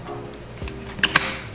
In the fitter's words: you hear the click okay